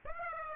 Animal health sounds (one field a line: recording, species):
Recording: mosquito wingbeat signal from an infrared sensor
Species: Aedes aegypti